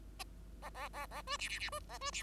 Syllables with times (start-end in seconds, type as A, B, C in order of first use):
0.62-0.70 A, 0.74-0.88 A, 0.93-1.06 A, 1.10-1.22 A, 1.27-1.37 B, 1.39-1.49 C, 1.49-1.59 C, 1.59-1.70 C, 1.72-1.79 B, 1.89-1.98 A, 2.01-2.11 B, 2.13-2.23 C